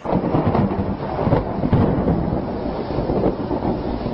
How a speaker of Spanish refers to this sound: Después se oyó como un estruendo de truenos y los cielos se encendieron como rayos.